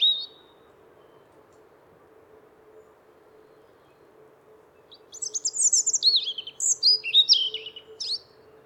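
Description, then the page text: European robin song: a short high note, then several seconds of quiet hum before a fast cascade of sweet, high warbling and trilled notes. "Голоса живой природы - Зарянка (малиновка)"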